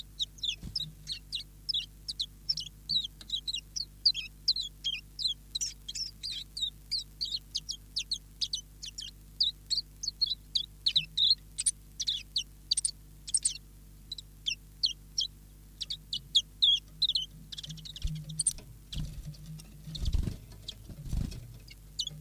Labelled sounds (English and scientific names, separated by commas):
Common Chiffchaff (Phylloscopus collybita)